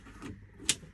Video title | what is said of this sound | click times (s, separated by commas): Mobilvetta P86 2023 | you'll hear it click into place. | 0.7 s